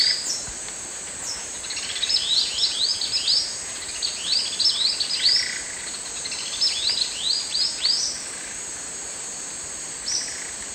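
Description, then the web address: Brown jacamar calling in thin, high, upslurred notes, given in quick irregular runs, over a constant high insect drone. Calls, eastern lowlands of South America. "Natures Songs S America Eastern Lowlands. Brachygalba lugubris, calls"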